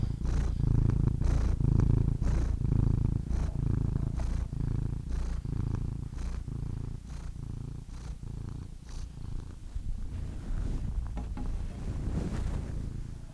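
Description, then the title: Domestic cat purring, rhythmic low rumble with regular breath pulses, easing slightly quieter toward the end. "The Ultimate Compilation of Adorable Cat Meows #CatMeows #CuteKittens"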